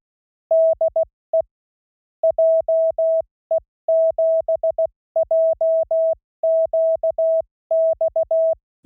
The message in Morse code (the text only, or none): DE JE7JQX